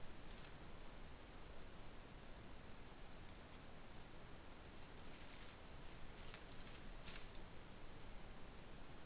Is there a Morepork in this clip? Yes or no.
no